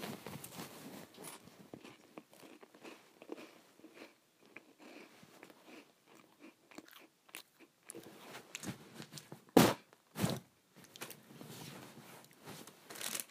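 Crackers being eaten, with a steady run of small crisp crunches and chewing clicks packed densely through the first eight seconds. Later the chewing thins out, broken by two louder, sharp crunches around the tenth second before quieter chewing resumes.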